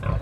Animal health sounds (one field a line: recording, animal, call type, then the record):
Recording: contact call of a hoofed animal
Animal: wild boar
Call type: grunt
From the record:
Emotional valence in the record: positive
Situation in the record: food anticipation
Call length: 0.22 s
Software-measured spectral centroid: 1180 Hz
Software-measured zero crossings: 730 a second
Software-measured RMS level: -25 dBFS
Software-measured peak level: -14 dBFS